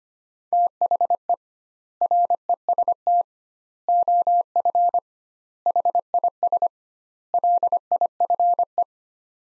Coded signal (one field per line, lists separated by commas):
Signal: Morse code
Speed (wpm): 25 wpm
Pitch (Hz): 700 Hz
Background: none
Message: THE REST OF HIS LIFE